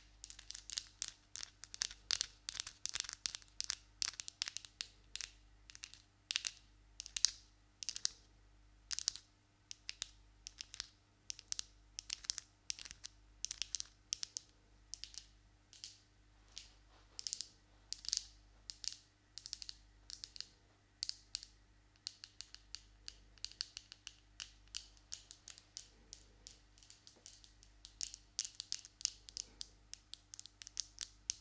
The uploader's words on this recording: ASMR Hands Sounds Movements Long Nails.